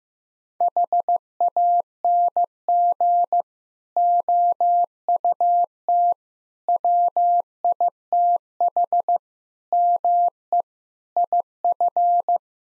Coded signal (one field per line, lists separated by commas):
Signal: Morse code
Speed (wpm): 16 wpm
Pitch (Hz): 700 Hz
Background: none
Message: HANG OUT WITH ME IF